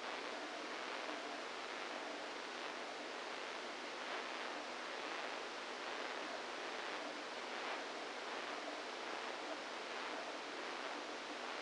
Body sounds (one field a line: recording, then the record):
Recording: brain microelectrode recording played as sound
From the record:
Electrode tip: inside the subthalamic nucleus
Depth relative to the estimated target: -3 mm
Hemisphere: right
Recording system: NeuroSet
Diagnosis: Parkinson's disease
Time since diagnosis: 27 years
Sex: male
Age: 62 years